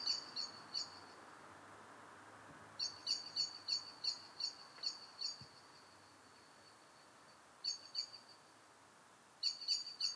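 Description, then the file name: Eurasian blackbird giving bursts of high, sharp chinking notes, one quick group after another separated by short gaps, over faint steady background hiss. "Turdus merula"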